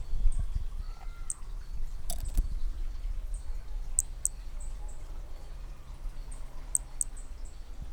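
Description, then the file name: Hermogenes' flea-toad call: sharp tiny high notes, some in pairs, scattered throughout, with low rumbling noise and a couple of knocks. Individual 3, recorded at Picinguaba on 13 December 2017; six notes noted as lost. "B hermogenesi Picinguaba ind 3 6 notas perdidas 13 dez 2017 MRB"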